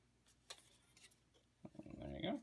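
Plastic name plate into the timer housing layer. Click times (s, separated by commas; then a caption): 0.5 s. A 3D-printed plastic name plate is pressed into the layer one part of a timer housing and snaps into place with a sharp click at 0.5 s. Fainter taps and handling sounds follow before someone talks.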